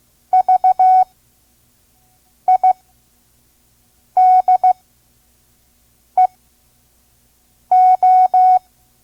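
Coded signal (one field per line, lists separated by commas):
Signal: Morse code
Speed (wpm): 16 wpm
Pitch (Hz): 740 Hz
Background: none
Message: VIDEO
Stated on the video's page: Vintage ARRL Morse course, listen-and-learn lesson at 5 words per minute.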